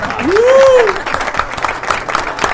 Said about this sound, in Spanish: Efecto de aplauso